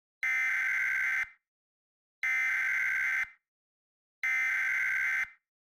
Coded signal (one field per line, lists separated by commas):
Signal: Emergency Alert System (SAME) tones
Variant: header bursts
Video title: EAS Scenario: Otherworldly Invasion